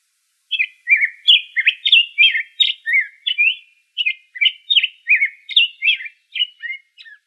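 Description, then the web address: Black-headed grosbeak singing a long string of sweet, rolling whistled notes, rising and falling in quick succession for about six and a half seconds, with a brief pause midway. Recorded in Arizona on 3 May 2005. "Grosbeaks Buntings BHGR"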